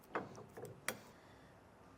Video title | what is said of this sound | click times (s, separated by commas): etrailer - Test Fitting the Weigh Safe 11 Inch Rise Hitch with Built-In Scale - 2016 GMC Sierra 2500 | And again, that locks into place. | 0.2 s, 0.9 s